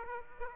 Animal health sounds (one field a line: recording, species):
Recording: mosquito wingbeat signal from an infrared sensor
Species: Aedes aegypti